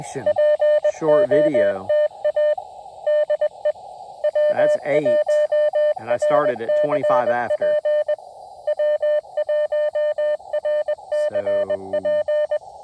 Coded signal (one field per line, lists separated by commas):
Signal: Morse code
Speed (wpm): 21 wpm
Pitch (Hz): 600 Hz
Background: speech, radio noise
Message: POTA DE W1RCP W1RCP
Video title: Tabletop Mast Mount and a new key - 20m late shift POTA